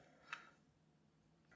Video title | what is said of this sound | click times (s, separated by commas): DJI Osmo Mobile 3 - Gimbal Unboxing | lock into place and then you just pull it open and it pops right back out again | 0.3 s